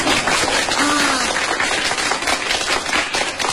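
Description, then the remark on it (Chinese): An audience claps for performer Li Jindou, many hands producing a dense, steady crackle of applause that stays loud and even for the whole few seconds, with no speech over it. “哎呀，还真有捧场的啊！”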